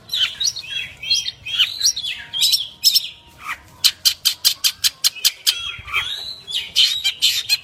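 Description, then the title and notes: Long-tailed shrike song with varied squawky whistles and warbled phrases, broken up by a quick burst of sharp repeated clicks, then more chattering whistled notes. Assorted masteran bird songs. "Bermacam macam suara kicauan burung Masteran"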